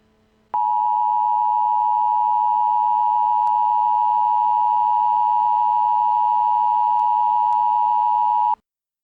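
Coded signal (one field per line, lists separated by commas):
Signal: Emergency Alert System (SAME) tones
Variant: 853 and 960 Hz attention tone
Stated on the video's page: Fictional EAS scenario, a simulated alert.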